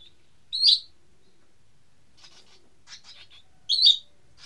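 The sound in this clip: Bird chirps, two loud bright high tweets about three seconds apart, with soft scratchy rasping sounds between them.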